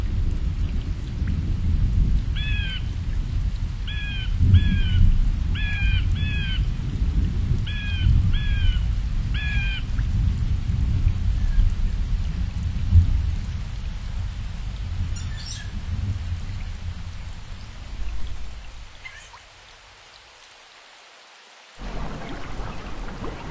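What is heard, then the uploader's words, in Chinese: Rain in a rainforest, with a heavy low rumble of falling water filling the first eighteen seconds. A bird repeats a bright, two-part whistled call in quick clusters between about 2 and 10 seconds. The rumble thins out near 18 seconds, nearly drops away around 20, then returns faintly. 雨林，鸟儿，小溪，水流，下雨。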